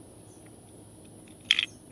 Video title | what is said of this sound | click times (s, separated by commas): How I Repaired A Push Mower Carburetor Not Getting Fuel | And there it just snaps into place. | 1.5 s, 1.6 s